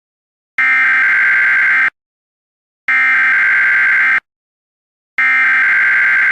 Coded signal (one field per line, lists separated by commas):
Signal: Emergency Alert System (SAME) tones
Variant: header bursts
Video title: EAS Classic: Easter Bunny Bandit EAS (Easter Sunday Special 2009/2017)